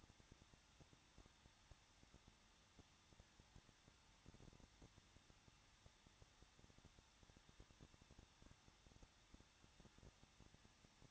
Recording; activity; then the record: daily activity, microphone in the room; no activity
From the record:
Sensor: 3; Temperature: 21.2 degrees Celsius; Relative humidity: 36.3%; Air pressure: 1006.3 hPa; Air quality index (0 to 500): 222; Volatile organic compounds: 41 ppm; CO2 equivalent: 3169 ppm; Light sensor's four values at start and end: 2/3/2/2 and 2/3/2/2